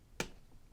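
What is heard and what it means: The folding arm lock on a ZHIYUN Smooth 5S smartphone gimbal releases as the motor arm is brought up to unlock the folded gimbal. A single sharp, snap-like click sounds at 0.2 s against a quiet background, and the lock is released.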